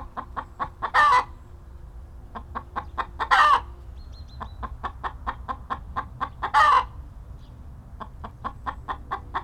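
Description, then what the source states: Chicken clucks steadily in short notes, broken three times by a loud, rasping squawk. Clucking and squawking.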